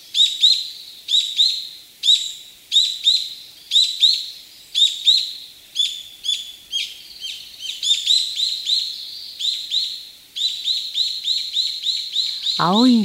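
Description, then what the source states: Brown-eared bulbul calls: repeated shrill, high double notes in clusters roughly every second, with a short low wavering sweep at the very end. Recorded on Kamishima island, Mie Prefecture, Japan.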